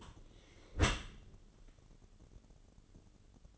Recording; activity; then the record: daily activity, microphone in the room; close dishwasher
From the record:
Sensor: 4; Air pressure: 1015.8 hPa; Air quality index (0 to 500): 94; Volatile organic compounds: 2 ppm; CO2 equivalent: 1052 ppm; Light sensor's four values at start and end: 9/19/8/7 and 9/19/7/7